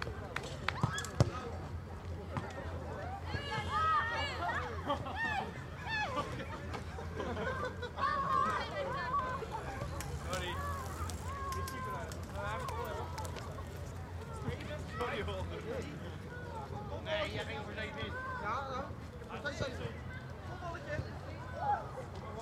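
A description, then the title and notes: People playing soccer on public sports fields, heard as a steady mix of voices calling and chattering from several directions. A constant low hum runs underneath, and occasional sharp knocks and shouts break through. The level stays fairly even throughout. People playing soccer on public sports fields in Schiehaven, Rotterdam. April.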